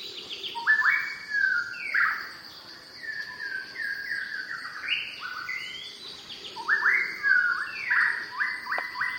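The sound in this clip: Shama delivering loud, fluty phrases of stepped and slurred whistles, set against a continuous high insect drone.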